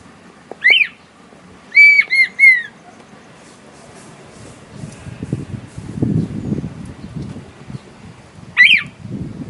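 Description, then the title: Red-winged tinamou song: rising whistle and three clear downslurred whistles, later another rising whistle, with a low rumbling noise in the background. Male singing to the female. "Perdiz Cantando. Perdiz Macho Cantando Para A Fêmea"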